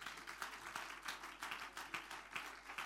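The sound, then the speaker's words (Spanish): Loud, sustained applause from a crowd at a church celebration service, giving glory to God, a dense wash of many hands clapping with a steady, slightly pulsing rhythm and no voices standing out. “Fuertes aplausos.”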